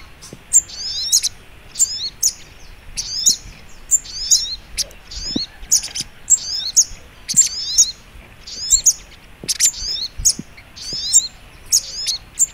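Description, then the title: Little Spiderhunter delivering a long, lively series of very high chirp-and-twitter phrases at a fairly even pace. Masteran (training song) of sogok ontong in the labaik song style. "Masteran Burung Sogok Ontong Labaik"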